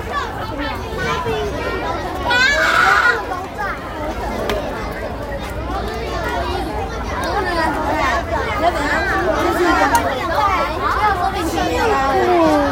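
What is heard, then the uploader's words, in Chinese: Noisy children crowd an amusement park, with many young voices talking and calling over one another without pause. The chatter stays dense, with a higher shout or squeal near the three-second mark and a low outdoor rumble underneath. 活力白噪音＿小孩真的好吵之台北兒童新樂園。結果遇上許多安親班之類的戶外教學。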